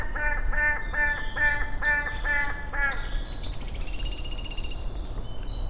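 Bird calls: about seven harsh, nasal quacking notes in quick succession over three seconds, then a higher buzzy trill, with steady low background rumble.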